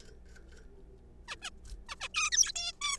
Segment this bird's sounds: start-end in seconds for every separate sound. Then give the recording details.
1.28-1.35, 1.42-1.49, 1.89-1.95, 2.00-2.08, 2.15-2.30, 2.32-2.52, 2.56-2.72, 2.81-2.98. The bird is a juvenile. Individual R3428